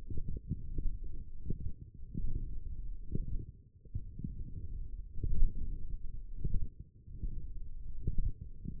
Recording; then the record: forearm muscle sounds (acoustic myography)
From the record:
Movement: forearm supination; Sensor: system 1, eight BSWA MPA416 microphones around the upper forearm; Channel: 4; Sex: male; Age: 42 years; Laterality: right